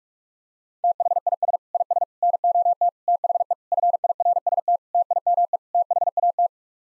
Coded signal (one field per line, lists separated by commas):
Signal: Morse code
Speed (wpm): 41 wpm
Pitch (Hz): 700 Hz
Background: none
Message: THIS IS NOT THE FIRST TIME THAT